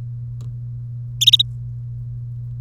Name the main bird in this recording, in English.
Domestic Canary